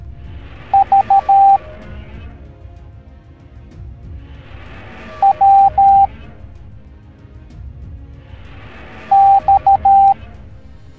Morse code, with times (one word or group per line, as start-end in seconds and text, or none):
0.7-1.6 V
5.2-6.1 W
9.1-10.1 X